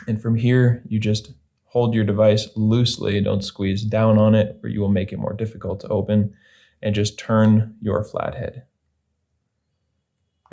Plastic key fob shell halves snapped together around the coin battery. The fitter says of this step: there we go turn until you hear a little click or you feel the device start to open just like you see there